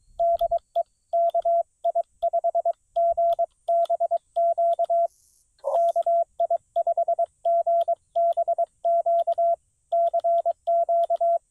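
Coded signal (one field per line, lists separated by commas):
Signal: Morse code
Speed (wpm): 22 wpm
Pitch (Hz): 680 Hz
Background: radio noise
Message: DE KI5GBQ KI5GBQ CQ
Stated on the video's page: CW park activation on 20 meters in tough band conditions, Xiegu G90 at 20 watts into an end-fed half-wave antenna.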